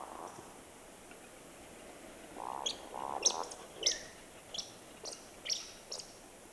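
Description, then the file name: Woodcock calls: a few low, muffled croaking notes followed by a series of short, sharp, high squeaks spaced irregularly about half a second apart, over faint steady background hiss. "Digiffects Sound Effects Library - Woodcock Bird Call"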